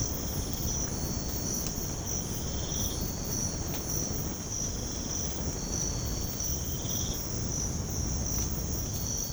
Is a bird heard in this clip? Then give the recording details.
no. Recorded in pastures near Puerto Asís, Putumayo, Colombia, on 19 March 2025 at 05:00. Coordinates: 0.505, -76.324. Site GP08